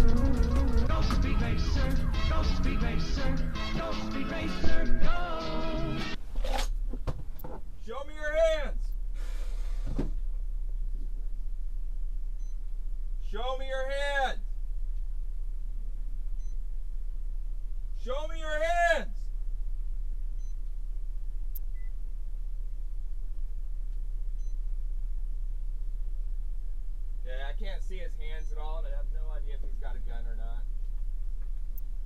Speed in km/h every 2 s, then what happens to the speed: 31, 3, 0, 0, 0, 0, 0, 0, 0, 0, 0, 0, 0, 0, 0, 0.
0-3 brakes to 0. 3-32 standing.